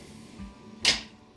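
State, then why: Not seated. A kitchen cabinet drawer with two orange release tabs is handled on its undermount drawer slides as it is pushed back into the cabinet, with music playing faintly underneath. There is a soft low thump around 0.4 s, then a sharp, bright sliding burst around 0.85 s that fades out by about 1.2 s. The drawer has not locked or seated onto its slides yet.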